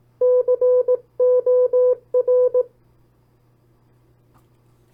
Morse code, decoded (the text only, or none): COR